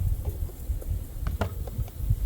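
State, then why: Seated. A component of an Apisolis beekeeping vaporizer is pushed down into its slot in the housing after the unit is flipped over. Over a low rumbling background, sharp clicks at 1.3 s and 1.4 s mark the part snapping into place, followed by a softer tap. The part is seated.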